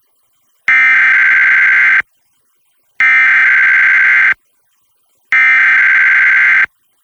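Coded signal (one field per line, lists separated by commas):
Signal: Emergency Alert System (SAME) tones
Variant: header bursts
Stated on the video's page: EAS Required Monthly Test relayed by an FM station, recorded from a stereo with a Zoom H1 recorder.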